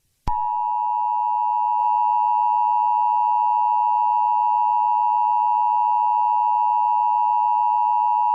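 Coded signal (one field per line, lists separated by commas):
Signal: Emergency Alert System (SAME) tones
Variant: 853 and 960 Hz attention tone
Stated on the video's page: Simulated EAS alert tones in a fictional scenario.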